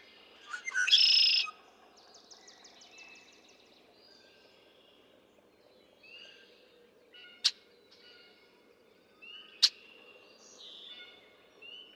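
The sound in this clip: Red-winged blackbird song, one burst of gurgled notes and buzzy trill, followed by a rapid series of ticking notes, scattered faint calls and two sharp clicks.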